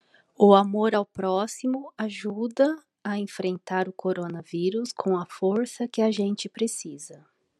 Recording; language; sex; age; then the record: spoken sentence; Brazilian Portuguese; female; 40 to 49 years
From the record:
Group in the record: control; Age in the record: 47 years